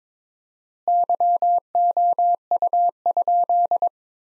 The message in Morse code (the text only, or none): YOU?